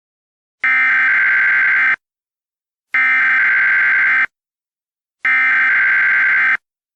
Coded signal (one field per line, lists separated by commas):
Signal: Emergency Alert System (SAME) tones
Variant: header bursts